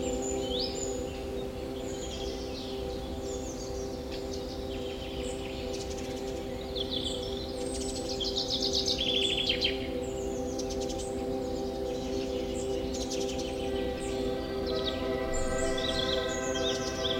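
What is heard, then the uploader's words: Birds chirp and trill busily in a forest, bright calls overlapping throughout, over a steady low hum with ringing sustained tones underneath. Forest Birdsong Nature Sounds. Calming Birds Chirping Ambience. Experience the gentle melodies of birds chirping as they create a tranquil symphony amidst the serene ambiance of the forest.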